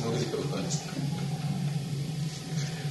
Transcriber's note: laughing